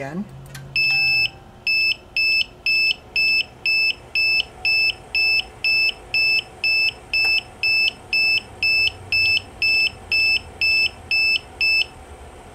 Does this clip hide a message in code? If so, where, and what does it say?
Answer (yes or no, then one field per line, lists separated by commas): no